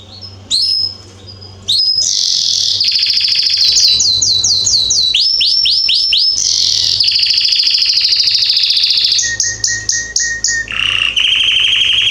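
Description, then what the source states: Belgian canary singing strongly, shifting between fast rolling trills, sweeping upslurred notes and sustained buzzy rattles, with a faint low hum underneath. Male Belgian canary singing very strongly; used for training and warming up young birds.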